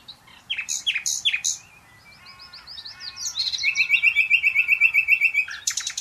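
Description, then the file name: Common nightingale song: sharp high chips, a run of soft fluty whistles, then a fast repeated trill of bright notes, closing with a few loud sharp notes. "Luscinia megarhynchos"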